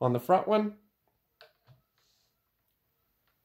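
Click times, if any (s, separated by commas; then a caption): 1.4 s. A torque wrench set to 25 inch-pounds is turned on the front action screw of a rifle in a synthetic stock. Someone talks at the start, then the wrench gives a short, sharp click at 1.4 s, followed by a fainter, lower tick about 0.3 s later. The wrench clicks at its setting.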